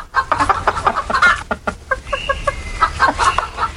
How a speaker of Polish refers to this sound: I co jeszcze usłyszymy? Kurki dzisiaj usłyszymy.